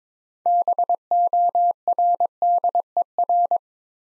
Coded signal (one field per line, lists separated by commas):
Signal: Morse code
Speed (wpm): 22 wpm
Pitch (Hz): 700 Hz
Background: none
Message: BORDER